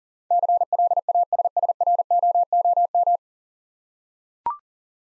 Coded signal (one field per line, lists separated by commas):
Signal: Morse code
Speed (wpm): 43 wpm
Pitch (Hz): 700 Hz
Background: none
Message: CLASSROOM